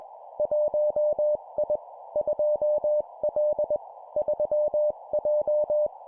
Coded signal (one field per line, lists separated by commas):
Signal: Morse code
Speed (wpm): 21 wpm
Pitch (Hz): 600 Hz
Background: none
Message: 1I 2L 3J